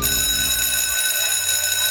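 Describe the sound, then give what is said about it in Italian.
A school recess bell rings on a Friday, continuously for two seconds, a loud, steady electric clang with a dense metallic buzz and shimmering high overtones, with no voices over it. “Oh, la campanella della ricreazione del venerdì è sicuramente la più bella di tutte.”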